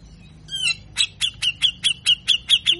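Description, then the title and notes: Grey-cheeked bulbul song: a sliding whistled note followed by nine rhythmic, rasping chirps repeated at a steady quick pace. Harsh, full 'besetan' and 'ngepik' style song, described as gacor, used to train and stimulate caged birds. "MASTERAN CUCAK JENGGOT GACOR FULL BESETAN KASAR DURASI PANJANG !!!. Masteran Dan Pancingan Cucak Jenggot Gacor Mbeset Ngepik rapat. Burung cucak jenggot"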